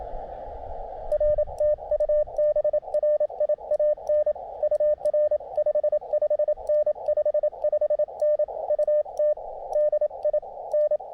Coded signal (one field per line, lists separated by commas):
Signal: Morse code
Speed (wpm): 27 wpm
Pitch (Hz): 600 Hz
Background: radio noise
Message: RTU BRIAN UR 55N 55N UT DI N